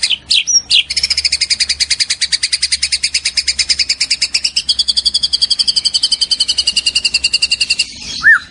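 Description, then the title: White-rumped shama song: a few sharp high notes, then a long, even, rapid pulsed trill lasting about seven seconds, ending with one low whistled note. Training recording for cage birds. "MASTERAN MURAI BATU LABAIK"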